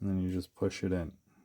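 A 3D printed plastic part with three small tabs is being pushed into a hole in the body of a 1:14 scale 3D printed road grader model; it is meant to snap in place once pushed far enough. Someone talks throughout, and no other distinct sounds stand out. Nothing has seated or clicked yet.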